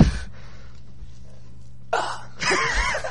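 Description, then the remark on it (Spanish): After a quiet stretch, someone forces out a strained, throaty gulp, then a longer breathy croak that never becomes a proper burp. It's a failed, gasping attempt to belch. “Intento fallido de eructo”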